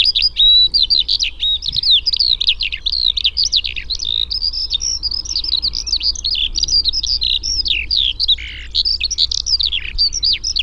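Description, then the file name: Skylark song pouring out as a dense, unbroken chatter of high chirps and rolling trills, varied and rapid throughout. "alauda arvensis"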